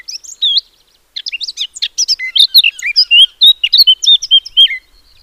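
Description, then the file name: Eurasian blackcap song, a few brief opening notes, then a lively run of quick, varied whistled and chattering notes, rising and falling, for almost four seconds. "Sylvia atricapilla"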